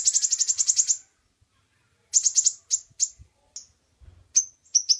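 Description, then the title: Oriental magpie-robin uttering a fast stuttering rattle of high notes, then scattered sharp chips and short buzzy bursts. Champion contest bird singing prolifically (gacor). "Kacer Juara Gacor"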